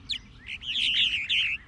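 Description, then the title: Purple Martin calls: a warbling run of gurgled chirps, rising and falling and running into one another. A kind of swallow, nesting in gourds and birdhouses put up by people. "Providing Homes to Purple Martins"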